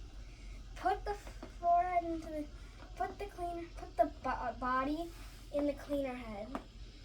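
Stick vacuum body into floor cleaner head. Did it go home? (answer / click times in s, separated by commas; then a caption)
no / none. Someone talks while handling the upright body of a Bissell Featherweight 2033 stick vacuum, bringing it toward the plastic floor cleaner head to be pushed down into it. Nothing has seated or clicked yet.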